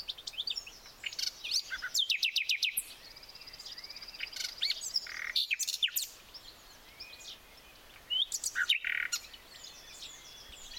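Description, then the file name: Common nightingale song: varied phrases of repeated chips and rattling trills with brief pauses, set against a background of many other singing birds. "Luscinia megarhynchos"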